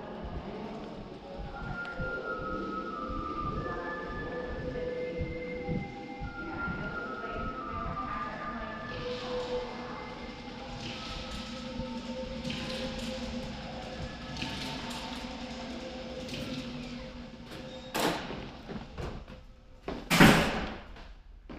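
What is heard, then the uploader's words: Steady indoor hum and scattered tones fill a gallery space, with faint voices, then sharp door-like knocks and a loud slam near twenty seconds. Sounds from the New Museum Triennial. New York Sounds.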